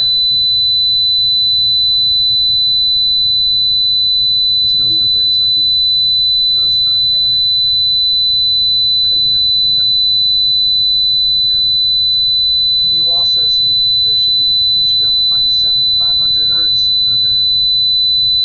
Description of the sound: Tinnitus 4000 Hz Tone.